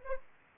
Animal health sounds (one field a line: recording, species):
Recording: mosquito wingbeat signal from an infrared sensor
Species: Anopheles arabiensis